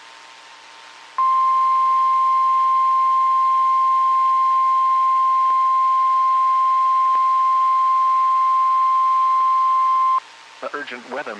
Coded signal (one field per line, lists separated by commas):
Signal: Emergency Alert System (SAME) tones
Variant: 1050 Hz attention tone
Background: speech